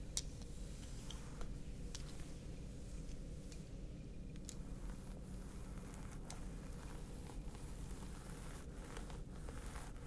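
A scalp massage: fingers rub and scratch through hair in a constant low, dense rustling. Brief bright scratchy ticks and crackles break through every second or so, with a cluster near the end, over an unchanging muffled rumble.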